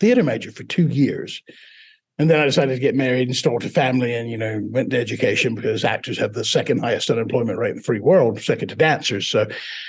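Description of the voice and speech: An adult man raised in Mississippi speaks fluently in a steady mid-pitched voice with natural intonation and short pauses. His former deep Southern drawl has been replaced by a British-sounding accent he cannot shake, consistent with foreign accent syndrome, where a brain injury changes speech rhythm and vowels so that a native speaker sounds foreign.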